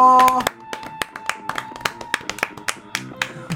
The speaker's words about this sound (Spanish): aplauso.